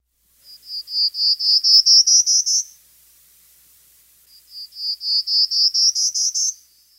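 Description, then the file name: Prairie warbler song: two runs of buzzy, high notes climbing steadily upward in pitch, each series about two seconds long with a pause between. "Birdnotes-Prairie Warbler"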